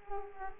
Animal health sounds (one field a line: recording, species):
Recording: mosquito wingbeat signal from an infrared sensor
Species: Culex quinquefasciatus